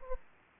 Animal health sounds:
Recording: mosquito wingbeat signal from an infrared sensor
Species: Aedes aegypti

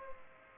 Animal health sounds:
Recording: mosquito wingbeat signal from an infrared sensor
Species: Culex pipiens

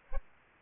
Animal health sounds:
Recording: mosquito wingbeat signal from an infrared sensor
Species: Aedes aegypti

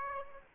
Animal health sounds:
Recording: mosquito wingbeat signal from an infrared sensor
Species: Aedes aegypti

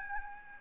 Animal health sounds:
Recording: mosquito wingbeat signal from an infrared sensor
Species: Aedes albopictus

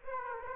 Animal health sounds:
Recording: mosquito wingbeat signal from an infrared sensor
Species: Aedes aegypti

